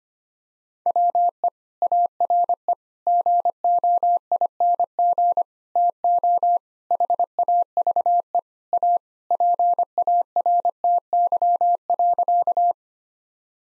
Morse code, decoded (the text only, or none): WE ARE GOING TO HAVE A PARTY.